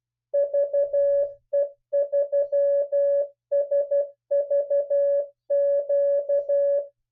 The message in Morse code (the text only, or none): VE3SVQ